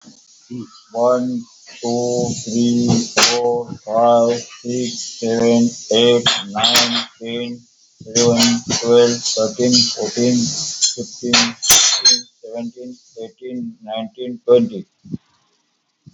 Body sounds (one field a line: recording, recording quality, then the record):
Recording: counting at a normal pace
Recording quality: excellent, no background noise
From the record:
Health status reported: healthy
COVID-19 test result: negative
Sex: male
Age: 53 years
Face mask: not worn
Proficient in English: yes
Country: India